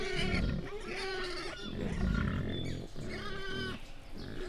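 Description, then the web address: Wild boar giving harsh, harmonic squeals over deep, rough grunting, the squeals rising and falling in several overlapping bursts. Captive wild boar squealing, recorded at a zoo in Jászberény in 2015. "jaszberenyizoo 2015 professzionalis vaddiszno"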